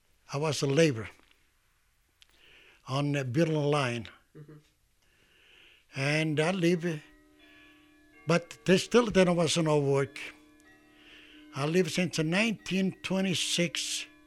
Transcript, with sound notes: I was a laborer on building the line and I live (clock chimes) but still there was no work. I live since 1926